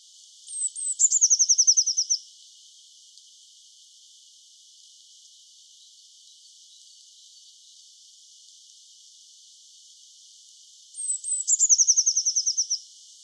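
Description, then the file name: Eurasian blue tit song: two thin high whistled notes dropping into a fast, even trill, given twice about ten seconds apart, with quiet hiss between. "Cyanistes caeruleus"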